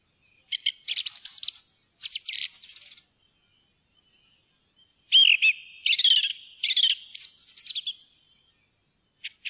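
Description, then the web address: Song thrush singing varied phrases of sharp, repeated notes and fluty whistles, separated by pauses, in a quiet setting. "fuglelyder maaltrost"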